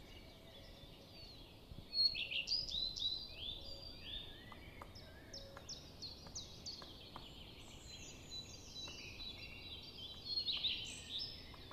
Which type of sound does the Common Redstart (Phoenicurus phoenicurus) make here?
song